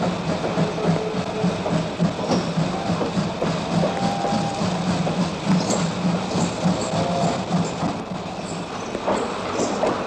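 A train carrying prisoners of war pulls into Weimar station, its heavy, steady rumble of wheels and carriages filling the whole stretch, with faint high metallic squeals and whining tones drifting over the continuous clatter.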